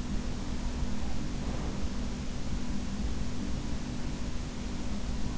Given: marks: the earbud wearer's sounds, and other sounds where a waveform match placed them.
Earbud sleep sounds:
sounds in sleep by an in-ear microphone; breath
0.59-2.65 s: breath

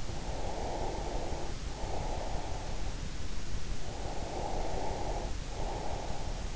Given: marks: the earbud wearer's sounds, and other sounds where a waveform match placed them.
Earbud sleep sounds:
sounds in sleep by an in-ear microphone; breath
0.12-2.88 s: breath
3.93-6.44 s: breath

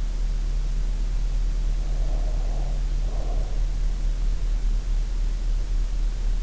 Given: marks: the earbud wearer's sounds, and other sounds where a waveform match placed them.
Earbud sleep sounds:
sounds in sleep by an in-ear microphone; breath
1.57-3.82 s: breath

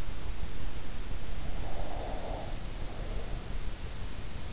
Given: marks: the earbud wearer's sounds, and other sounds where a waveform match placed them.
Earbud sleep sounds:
sounds in sleep by an in-ear microphone; breath
1.69-3.60 s: breath

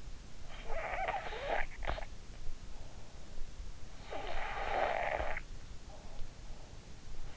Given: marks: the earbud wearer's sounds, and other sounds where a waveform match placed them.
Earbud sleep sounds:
sounds in sleep by an in-ear microphone; snoring breath
0.57-2.13 s: snoring breath
4.08-5.38 s: snoring breath

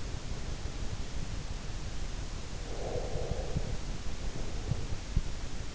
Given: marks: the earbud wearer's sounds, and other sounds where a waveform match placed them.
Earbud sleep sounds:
sounds in sleep by an in-ear microphone; breath
2.66-5.37 s: breath

